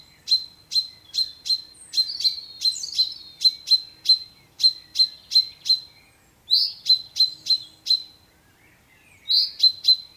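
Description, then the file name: Common chaffinch giving sharp, high 'pink' notes in steady series, roughly two or three per second, occasionally led by a harsher rising note. "Fringilla coelebs"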